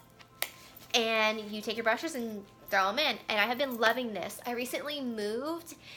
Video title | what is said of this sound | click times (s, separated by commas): July Favorites!! | you take the lid and you put it on and push it down and these snap into place and you | 0.4 s